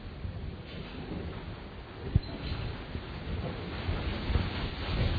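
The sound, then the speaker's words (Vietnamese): Steady, dense rush of wind-driven rain blowing in onto a table, a broad hissing roar that swells slightly toward the end, with a few sharp low thumps scattered through it and no voices. “các vị mà trời mưa nhớ sụp cái đó xuống bớt bớt nè, để thôi mưa tạt vô cái bàn.”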